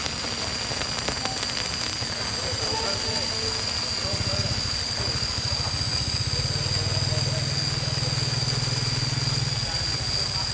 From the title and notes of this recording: The requirement for this contribution was to record the period of strange radio signals during a nighttime ride through the middle of nowhere where the regular broadcast signal just dropped dead.